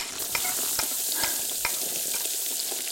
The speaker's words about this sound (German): Zwiebeln in Würfel schneiden, ja, ja, schon geschehen. Zwiebeln anbraten, alles klar. Und rein damit.